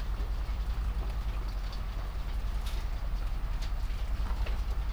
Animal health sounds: poultry house recording; sick chickens (respiratory disease)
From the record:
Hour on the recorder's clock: 22

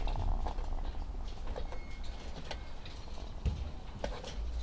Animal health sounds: poultry house recording; sick chickens (respiratory disease)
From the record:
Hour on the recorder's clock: 14

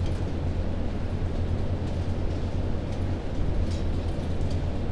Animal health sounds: poultry house recording; no chicken sound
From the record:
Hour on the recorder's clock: 22

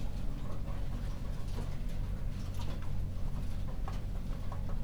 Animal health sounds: poultry house recording; healthy chickens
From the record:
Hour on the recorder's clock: 21

